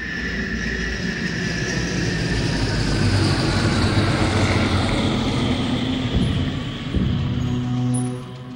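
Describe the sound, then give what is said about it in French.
A steady, loud drone of the propeller engines of an Air France Constellation airliner in flight from Orly to Saigon in late summer 1945, a deep rumble with humming tonal bands that holds constant throughout and eases off slightly at the very end. “En cette fin d'été 1945, il faut aux avions Constellation d'Air France un peu plus de 40 heures et pas moins de 5 escales pour relier l'aéroport d'Orly à l'aérodrome militaire de Saïgon, capitale de l'Indochine française.”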